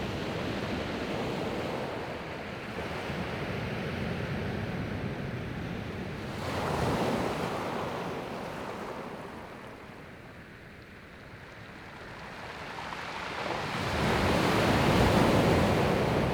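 Waves break on a pebble beach in slow surges, swelling near 7 seconds and again from about 14 seconds, with a quieter lull around 10 to 12 seconds. The rushing wash is dense, with wind rumbling low underneath throughout.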